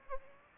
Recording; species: mosquito wingbeat signal from an infrared sensor; Aedes aegypti